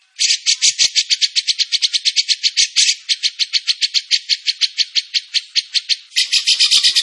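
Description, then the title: Bird song: a steady pulsing rattle of bright notes, roughly five per second, ending in a denser, higher burst. Bird singing energetically (gacor), used for masteran training, Indonesia. "Masteran Burung Tembakan Gacor"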